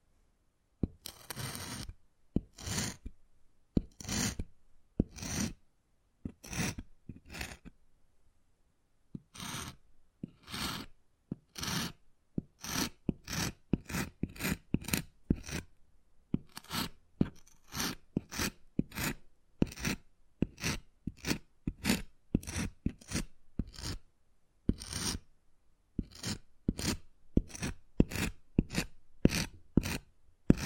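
Wood carving with short, sharp rasping strokes, one after another. The strokes come in uneven bursts with brief pauses during the first half, then grow quicker and more regular after about fifteen seconds. Each scrape is crisp and bright, with silence between.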